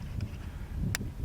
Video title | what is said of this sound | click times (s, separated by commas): 2020 Episode #8 ~ South Dakota Predators | click you can hear that click that's ready to go and then we have that | 1.0 s